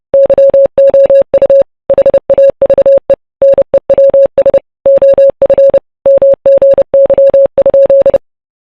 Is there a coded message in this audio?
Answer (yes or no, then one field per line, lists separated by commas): yes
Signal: Morse code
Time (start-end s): 0.1-8.2 s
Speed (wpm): 29 wpm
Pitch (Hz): 550 Hz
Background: none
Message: YOU HAVE NEWS OF MGY?